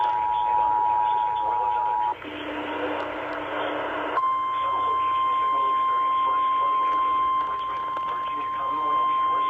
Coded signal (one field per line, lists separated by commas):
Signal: Emergency Alert System (SAME) tones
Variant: 853 and 960 Hz attention tone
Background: speech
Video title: Multiple days of a alerts EAS# 190-223 8/5/20-8/8/20